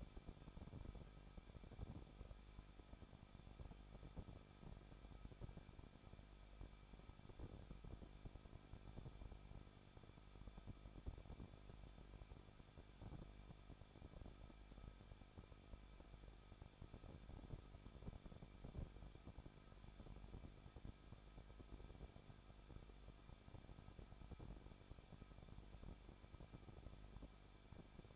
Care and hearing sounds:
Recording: daily activity, microphone in the room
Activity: no activity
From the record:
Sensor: 5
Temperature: 20.8 degrees Celsius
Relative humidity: 38.3%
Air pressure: 1006.4 hPa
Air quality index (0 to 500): 189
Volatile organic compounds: 19 ppm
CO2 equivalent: 2654 ppm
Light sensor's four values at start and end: 2/3/1/1 and 2/3/1/1

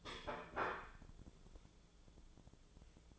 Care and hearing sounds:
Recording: daily activity, microphone in the room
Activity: place plate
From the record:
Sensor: 5

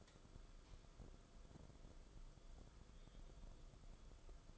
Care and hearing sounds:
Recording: daily activity, microphone in the room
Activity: light on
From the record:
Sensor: 5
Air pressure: 994.5 hPa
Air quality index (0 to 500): 191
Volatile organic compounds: 1000 ppm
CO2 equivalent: 5626 ppm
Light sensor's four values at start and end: 23/59/24/28 and 24/62/25/29

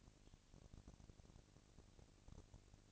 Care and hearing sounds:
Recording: daily activity, microphone in the room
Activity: no activity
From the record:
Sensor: 4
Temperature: 22.5 degrees Celsius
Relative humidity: 33.3%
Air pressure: 999.6 hPa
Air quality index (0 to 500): 231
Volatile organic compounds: 21 ppm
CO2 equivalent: 2707 ppm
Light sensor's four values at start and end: 2/3/1/1 and 2/3/1/1

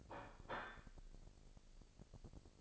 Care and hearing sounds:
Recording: daily activity, microphone in the room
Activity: place plate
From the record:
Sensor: 5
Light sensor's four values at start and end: 35/83/34/35 and 35/83/34/35

